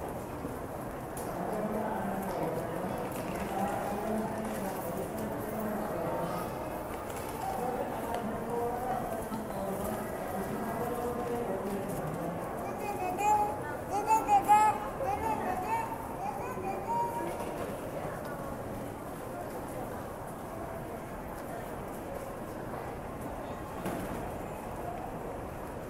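Station hubbub with a steady wash of people talking over a low rumble. Around the middle, a short burst of sharper, brighter sounds cuts through, possibly a squeal or chime, then the crowd murmur settles back to an even, slightly quieter level.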